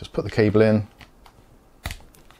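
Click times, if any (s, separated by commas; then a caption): 1.9 s. Someone talks briefly, then the detachable cable plug of BOYA BY-HP2 studio monitor headphones is pushed into the ear cup socket and twisted, with faint ticks and a sharp click at 1.9 s. The twist-lock connector seats and locks into place so it won't pull out.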